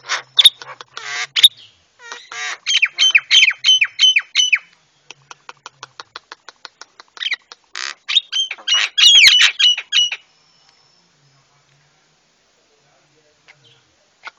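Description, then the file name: Javan myna song: bouts of harsh, chattering squawks and rapid clicking notes, then a long quiet spell. White-eyed myna (jalak kebo mata putih), used to train cage birds. "masteran jalak kebo mata putih"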